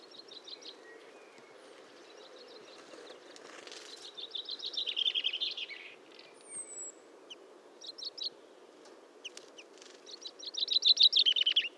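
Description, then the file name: Common chaffinch singing in short bursts of rapid, descending trilled notes with a closing flourish, separated by pauses; faint high whistles sound between phrases. "Fringilla coelebs"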